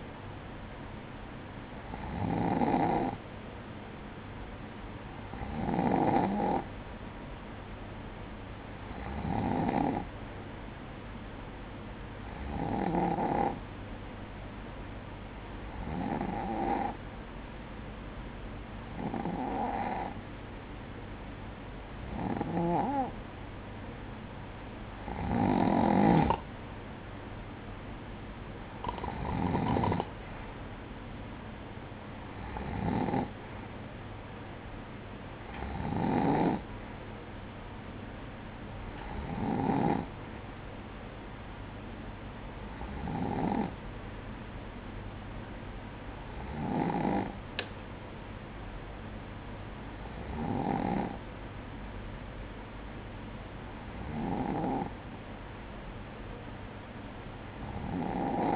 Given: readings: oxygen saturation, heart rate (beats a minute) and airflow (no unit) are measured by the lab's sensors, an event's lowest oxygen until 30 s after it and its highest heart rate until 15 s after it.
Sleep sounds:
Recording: breathing in sleep by a voice recorder at the bedside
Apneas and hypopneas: none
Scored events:
none scored
From the record:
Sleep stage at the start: N2 (light sleep)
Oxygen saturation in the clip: 94 to 95%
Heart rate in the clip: 56 to 62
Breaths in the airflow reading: 16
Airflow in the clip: -8.9 to 7.5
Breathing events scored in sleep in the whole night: 180 in 6.7 hours asleep

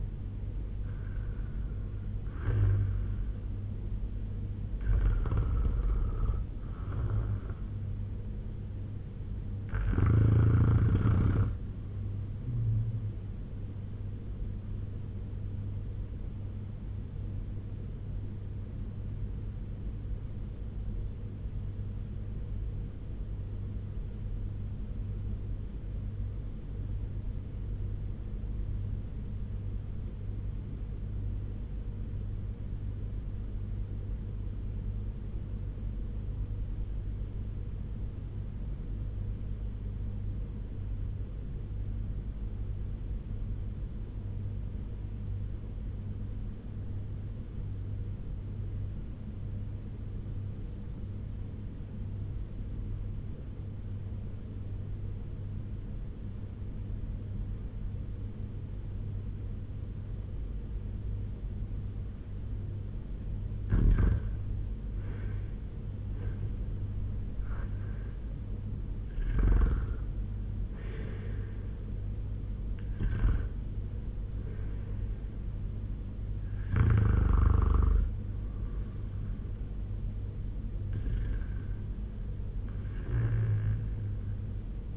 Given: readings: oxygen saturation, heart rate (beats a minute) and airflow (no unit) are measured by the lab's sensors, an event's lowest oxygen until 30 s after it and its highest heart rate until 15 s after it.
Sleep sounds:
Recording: breathing in sleep by a smartphone at the bedside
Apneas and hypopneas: 1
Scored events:
19.00-63.50 s: obstructive apnea (REM, oxygen 97% highest, then 83% lowest, heart rate 86 at the start, 95 highest)
From the record:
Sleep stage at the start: REM sleep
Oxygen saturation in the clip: 80 to 97%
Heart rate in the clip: 85 to 95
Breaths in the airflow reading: 9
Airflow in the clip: -6.6 to 6.2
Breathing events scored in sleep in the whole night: 201 in 6.5 hours asleep

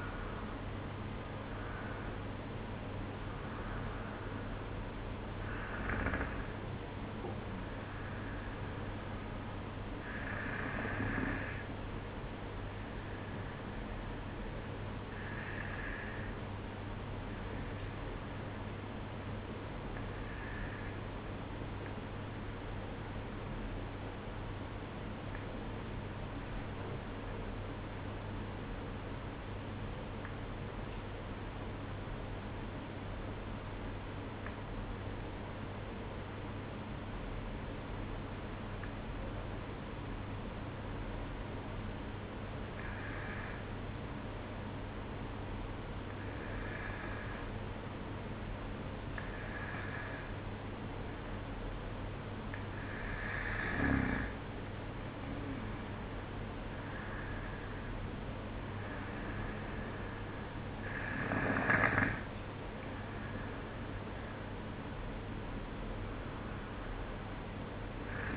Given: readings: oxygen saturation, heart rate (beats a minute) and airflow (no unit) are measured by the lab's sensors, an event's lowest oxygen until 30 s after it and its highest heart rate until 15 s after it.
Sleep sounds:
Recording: breathing in sleep by a voice recorder at the bedside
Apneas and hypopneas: 1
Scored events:
30.00-50.30 s: obstructive apnea (N2, oxygen 95% highest, then 93% lowest, heart rate 54 at the start, 60 highest)
From the record:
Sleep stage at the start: N2 (light sleep)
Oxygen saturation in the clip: 93 to 96%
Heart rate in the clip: 51 to 60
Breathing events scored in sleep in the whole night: 305 in 9.6 hours asleep

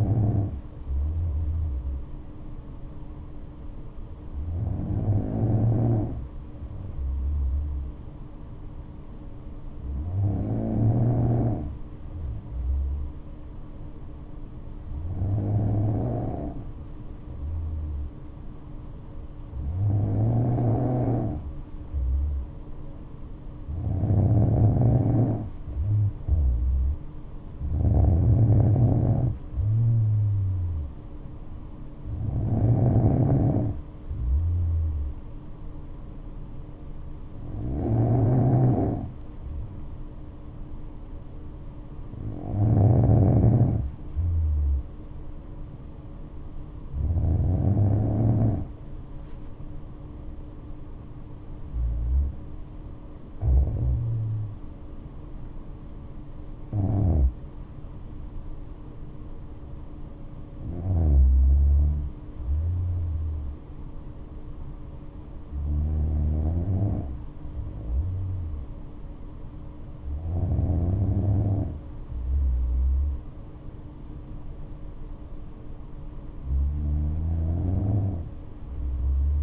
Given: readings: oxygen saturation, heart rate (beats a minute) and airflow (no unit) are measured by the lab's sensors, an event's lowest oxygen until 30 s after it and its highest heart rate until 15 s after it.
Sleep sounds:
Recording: breathing in sleep by a smartphone at the bedside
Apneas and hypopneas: 1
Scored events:
38.00-55.60 s: hypopnea (N2, oxygen 95% highest, then 95% lowest, heart rate 59 at the start, 74 highest)
53.00-79.42 s: new sleep stage, N1 (lightest sleep)
From the record:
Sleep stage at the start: N2 (light sleep)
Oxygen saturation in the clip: 93 to 96%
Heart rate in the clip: 59 to 74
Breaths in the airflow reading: 17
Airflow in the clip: -8.0 to 8.5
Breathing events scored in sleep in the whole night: 228 in 5.4 hours asleep

